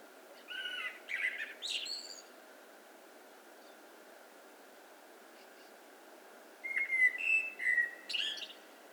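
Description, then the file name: Eurasian blackbird with rich whistled song phrases ending in high scratchy twitters, one phrase at the start and another after a few seconds' pause. "Turdus merula"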